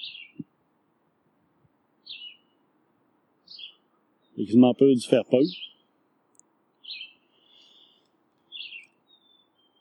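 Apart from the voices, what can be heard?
small birds chirping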